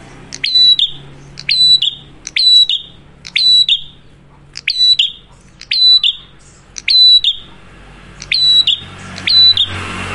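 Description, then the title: Prinia song: sharp, ringing chirps with a quick falling tail, repeated about once a second with a couple of brief gaps; low hum in the background. Loud duet of two prinia types, Cililin and Kapas Tembak, used for luring wild birds or training cage birds. "Masteran Duet Cililin Vs Kapas Tembak. Prenjak Gacor. Ngalun Kencang, Ampuh Banget Buat Pikat Ataupun Masteran"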